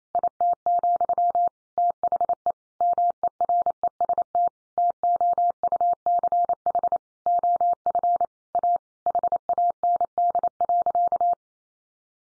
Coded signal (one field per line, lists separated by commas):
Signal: Morse code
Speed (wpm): 28 wpm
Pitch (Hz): 700 Hz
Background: none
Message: IT, THE MEREST TOUCH OF A HAND.